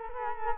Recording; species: mosquito wingbeat signal from an infrared sensor; Culex quinquefasciatus